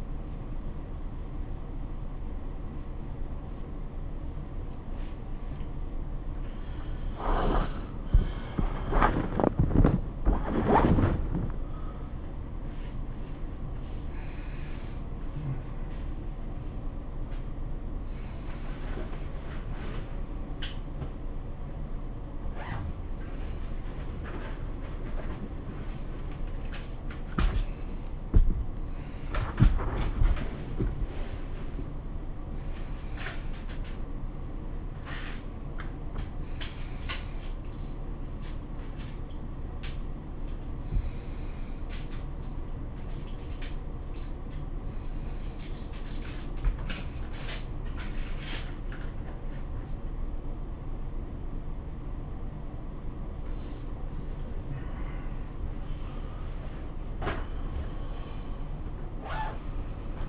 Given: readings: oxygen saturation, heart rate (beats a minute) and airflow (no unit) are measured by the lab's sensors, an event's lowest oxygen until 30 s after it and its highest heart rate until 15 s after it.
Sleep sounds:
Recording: a person awake in a sleep study, by a smartphone at the bedside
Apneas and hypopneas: none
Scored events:
0.00-60.29 s: awake
From the record:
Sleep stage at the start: awake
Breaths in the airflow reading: 21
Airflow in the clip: -0.7 to 0.7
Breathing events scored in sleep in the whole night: 403 in 5.5 hours asleep

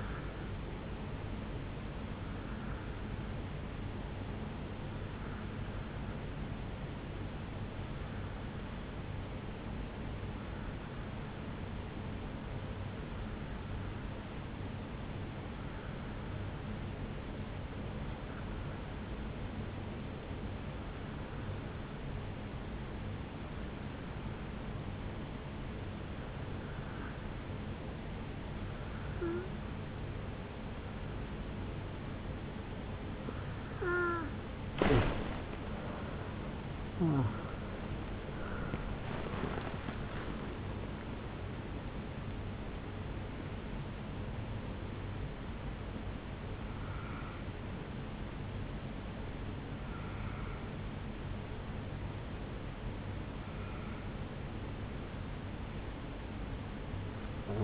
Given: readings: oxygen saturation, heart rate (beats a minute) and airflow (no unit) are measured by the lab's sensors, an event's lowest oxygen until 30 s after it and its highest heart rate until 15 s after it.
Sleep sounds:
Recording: breathing in sleep by a voice recorder at the bedside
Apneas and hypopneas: 1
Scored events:
10.00-35.80 s: hypopnea (N2, oxygen 90% highest, then 87% lowest, heart rate 63 at the start, 72 highest)
24.00-57.64 s: new sleep stage, N1 (lightest sleep)
From the record:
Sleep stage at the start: N2 (light sleep)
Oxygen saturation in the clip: 87 to 90%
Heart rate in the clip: 54 to 72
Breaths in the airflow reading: 18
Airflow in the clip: -7.8 to 7.8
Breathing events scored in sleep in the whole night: 449 in 7.0 hours asleep

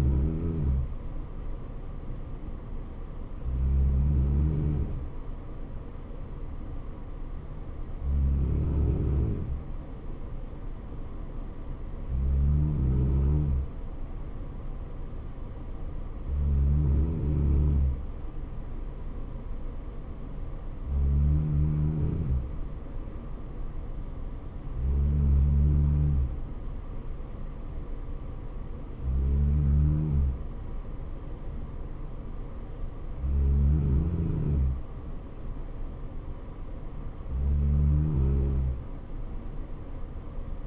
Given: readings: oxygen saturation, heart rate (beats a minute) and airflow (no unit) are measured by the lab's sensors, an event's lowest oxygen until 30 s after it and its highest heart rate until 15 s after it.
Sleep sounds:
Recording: breathing in sleep by a smartphone at the bedside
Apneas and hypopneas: none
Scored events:
none scored
From the record:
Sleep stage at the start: N3 (deep sleep)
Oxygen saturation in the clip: 94 to 95%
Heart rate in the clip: 65 to 69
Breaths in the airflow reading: 9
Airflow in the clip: -4.2 to 2.8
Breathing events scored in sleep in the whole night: 79 in 6.3 hours asleep

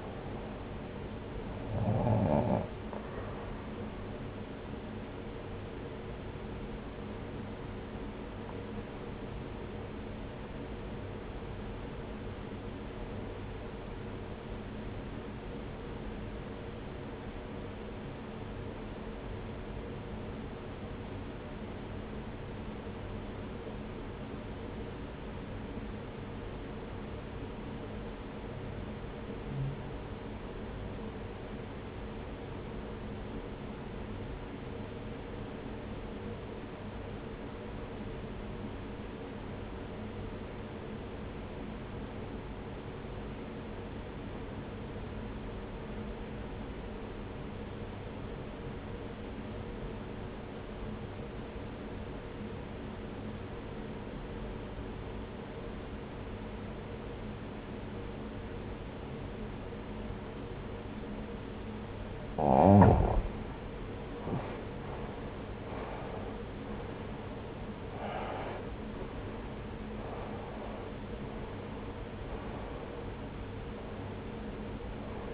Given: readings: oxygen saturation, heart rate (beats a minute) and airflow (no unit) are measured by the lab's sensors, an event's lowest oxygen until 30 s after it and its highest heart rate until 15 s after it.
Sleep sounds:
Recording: breathing in sleep by a voice recorder at the bedside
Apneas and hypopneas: 1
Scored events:
9.00-63.10 s: obstructive apnea (REM, oxygen 95% highest, then 77% lowest)
From the record:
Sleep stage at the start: REM sleep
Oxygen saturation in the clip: 82 to 95%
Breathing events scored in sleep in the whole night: 303 in 8.1 hours asleep

